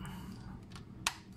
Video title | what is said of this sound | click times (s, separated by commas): TRANSFORMERS: STUDIO SERIES 86 - Leader Class GRIMLOCK & WHEELIE | so that's it locked out just like that and then just by forcing it a little bit it kind of | 1.1 s